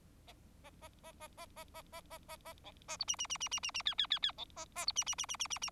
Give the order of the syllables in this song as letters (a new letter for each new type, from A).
A A A A A A A A A A A B A C D D D D D D D E E E E B A A C D D D D D D D